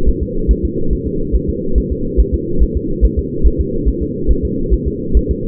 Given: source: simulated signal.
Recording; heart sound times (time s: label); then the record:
fetal heart sounds
0.09 s: S1
0.23 s: S2
0.51 s: S1
0.65 s: S2
0.93 s: S1
1.07 s: S2
1.36 s: S1
1.50 s: S2
1.78 s: S1
1.92 s: S2
2.20 s: S1
2.34 s: S2
2.63 s: S1
2.77 s: S2
3.05 s: S1
3.19 s: S2
3.47 s: S1
3.61 s: S2
3.89 s: S1
4.02 s: S2
4.31 s: S1
4.45 s: S2
4.73 s: S1
4.88 s: S2
5.17 s: S1
5.31 s: S2
From the record:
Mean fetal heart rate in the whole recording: 140 bpm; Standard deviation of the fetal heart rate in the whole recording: 2 bpm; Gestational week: 34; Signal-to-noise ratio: -8.1 dB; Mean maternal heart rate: 72 bpm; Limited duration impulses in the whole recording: present